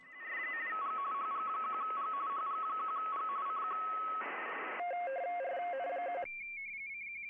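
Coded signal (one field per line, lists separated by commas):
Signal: RTTY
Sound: warbling two-tone teleprinter chatter, a hiss burst, lower warble, then a steady tone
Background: radio static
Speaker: so today's the uh CQ worldwide uh RT wide contest I wanted to get on it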